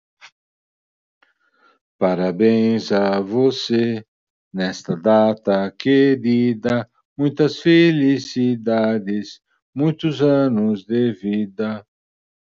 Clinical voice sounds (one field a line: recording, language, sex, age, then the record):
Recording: short text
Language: Brazilian Portuguese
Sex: male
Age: 60 to 69 years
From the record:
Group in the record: control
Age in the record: 66 years